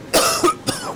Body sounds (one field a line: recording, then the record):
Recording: coughing mixed with background sound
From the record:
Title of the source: Coughing 79